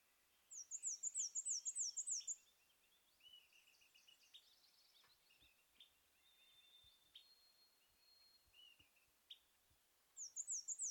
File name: Black and white Warbler Mniotilta varia